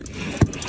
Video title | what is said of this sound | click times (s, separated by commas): Lincoln Project Update 27 Aug 23 Left Rear door window motor repair | that's so far off it's not engaging the gear at all but anyway | none